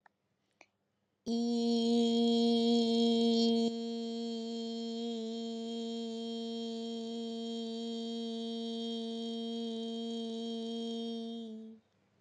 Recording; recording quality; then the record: sustained vowel as in beet; excellent, no background noise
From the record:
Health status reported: COVID-19 positive, mild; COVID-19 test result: positive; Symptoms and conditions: fatigue, muscle pain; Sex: female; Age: 25 years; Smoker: not ticked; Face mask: not worn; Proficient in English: yes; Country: India